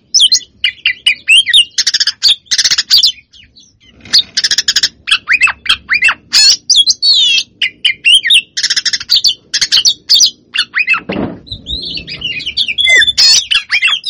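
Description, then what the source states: Lovebird chattering song, a rapid stream of shrill, scratchy chirps and squeaky notes with brief harsh bursts, nearly continuous with a short pause near four seconds. Long chattering song (ngekek panjang), used as a training master for other birds.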